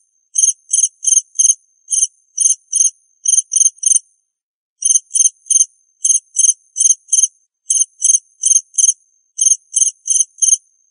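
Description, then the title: Cricket chirping in short, high, pulsed bursts that come in groups, with a longer pause after about four seconds. "suara Hujan Guntur Suara Jangkrik Dan Burung"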